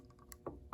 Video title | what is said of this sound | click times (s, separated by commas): How to install a motorcycle alarm on the Lifan KPR 200 | you hear a click. And see, that's locked in. | 0.7 s